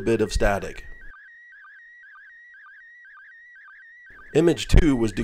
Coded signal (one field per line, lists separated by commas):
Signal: SSTV (slow-scan television)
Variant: PD 120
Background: speech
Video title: International Space Station - Slow Scan Television - December 2021